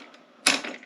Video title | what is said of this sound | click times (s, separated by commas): Greenworks 13.5 amp Electric Rototiller , Assembly and Review | and they kind of lock into place and | 0.5 s